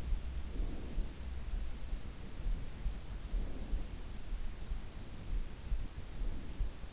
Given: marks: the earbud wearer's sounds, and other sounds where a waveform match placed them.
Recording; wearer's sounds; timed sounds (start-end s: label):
sounds in sleep by an in-ear microphone; breath
0.36-1.17 s: breath
3.14-4.04 s: breath
4.82-6.67 s: breath